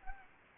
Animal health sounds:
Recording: mosquito wingbeat signal from an infrared sensor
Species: Anopheles gambiae

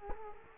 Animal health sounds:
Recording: mosquito wingbeat signal from an infrared sensor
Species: Culex quinquefasciatus

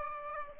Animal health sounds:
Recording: mosquito wingbeat signal from an infrared sensor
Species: Aedes aegypti

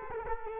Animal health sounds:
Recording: mosquito wingbeat signal from an infrared sensor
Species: Culex quinquefasciatus

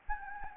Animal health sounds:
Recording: mosquito wingbeat signal from an infrared sensor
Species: Anopheles gambiae

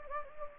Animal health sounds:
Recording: mosquito wingbeat signal from an infrared sensor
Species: Anopheles gambiae

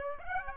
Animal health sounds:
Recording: mosquito wingbeat signal from an infrared sensor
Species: Aedes aegypti

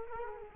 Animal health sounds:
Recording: mosquito wingbeat signal from an infrared sensor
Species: Culex quinquefasciatus

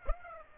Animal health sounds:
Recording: mosquito wingbeat signal from an infrared sensor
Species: Aedes aegypti

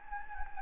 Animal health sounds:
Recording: mosquito wingbeat signal from an infrared sensor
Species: Anopheles gambiae

